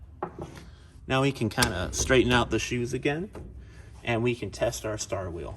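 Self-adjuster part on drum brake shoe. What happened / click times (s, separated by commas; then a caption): The small metal part dropped into its seat / 0.2 s. A self-adjuster part on a drum brake shoe of a 1973–1978 GMC motorhome, pulled into place with needle nose pliers, drops into its seat with a sharp click at 0.2 s, followed by a couple of softer taps. Someone then talks. The self-adjuster part is seated.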